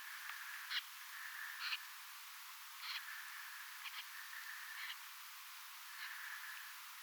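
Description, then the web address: Snipe calls: short, buzzy, rasping notes given singly or in pairs every second or so, with a faint sustained tone beneath and constant background hiss. Compilation of recordings from 5 October 2024; many snipes present, reportedly including some pin-tailed snipes. "paivat 5 10 2024 kurppia paljon siella on joukossa tietaakseni joitakin suippopyrstokurppalintuja kooste"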